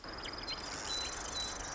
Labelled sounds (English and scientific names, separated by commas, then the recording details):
Marsh Wren (Cistothorus palustris)
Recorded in Sonoma County, California